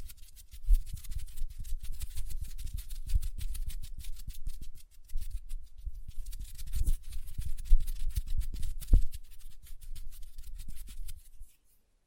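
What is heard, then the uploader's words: Hands rub lotion together in a steady, slippery squishing with fine crackly clicks and soft low thumps. The rubbing breaks off briefly around five seconds, then resumes just as densely before stopping near the end. Hand Sounds, Nail Tapping and Lotion Sounds.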